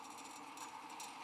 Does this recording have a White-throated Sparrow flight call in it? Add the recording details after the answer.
no. No flight call is heard. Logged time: 11:36 on 13 December 2014